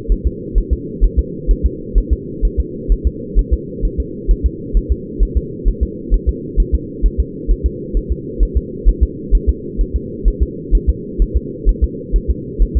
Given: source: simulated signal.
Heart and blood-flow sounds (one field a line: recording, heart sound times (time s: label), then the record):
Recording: fetal heart sounds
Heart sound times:
0.12 s: S1
0.27 s: S2
0.58 s: S1
0.73 s: S2
1.04 s: S1
1.19 s: S2
1.51 s: S1
1.66 s: S2
1.98 s: S1
2.13 s: S2
2.45 s: S1
2.60 s: S2
2.92 s: S1
3.07 s: S2
3.39 s: S1
3.53 s: S2
3.85 s: S1
4.00 s: S2
4.31 s: S1
4.46 s: S2
4.77 s: S1
4.92 s: S2
5.23 s: S1
5.37 s: S2
5.68 s: S1
5.83 s: S2
6.14 s: S1
6.29 s: S2
6.60 s: S1
6.75 s: S2
7.06 s: S1
7.20 s: S2
7.51 s: S1
7.66 s: S2
7.97 s: S1
8.12 s: S2
8.43 s: S1
8.57 s: S2
8.89 s: S1
9.03 s: S2
9.35 s: S1
9.49 s: S2
9.81 s: S1
9.96 s: S2
10.28 s: S1
10.43 s: S2
10.75 s: S1
10.90 s: S2
11.22 s: S1
11.37 s: S2
11.69 s: S1
11.84 s: S2
12.16 s: S1
12.30 s: S2
12.62 s: S1
12.77 s: S2
From the record:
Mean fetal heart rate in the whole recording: 130 bpm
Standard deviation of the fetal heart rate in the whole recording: 2 bpm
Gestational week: 36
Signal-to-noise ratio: -4.1 dB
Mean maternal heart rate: no maternal heart sound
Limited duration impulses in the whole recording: absent